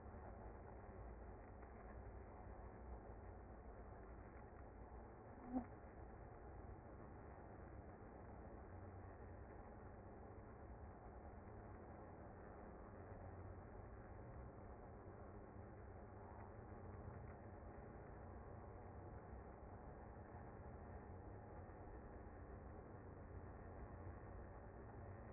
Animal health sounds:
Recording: honeybee colony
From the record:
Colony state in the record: active

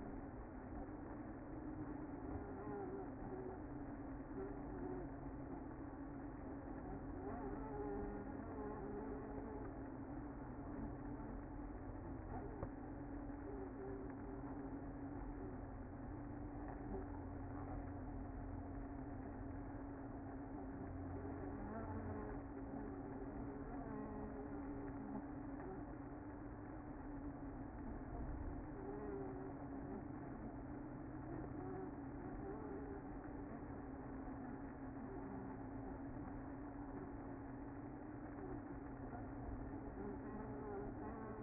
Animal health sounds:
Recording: honeybee colony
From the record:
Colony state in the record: active

